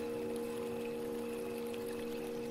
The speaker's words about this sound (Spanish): Cuando llegamos a Ojo del Agua, sentimos muy presente al agua, porque era una de las pocas comunidades que aún llenaba sus canaletas construidas para sus sistemas de riego con agua.